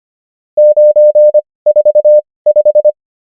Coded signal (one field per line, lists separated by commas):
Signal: Morse code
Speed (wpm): 25 wpm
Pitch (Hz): 600 Hz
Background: none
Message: 945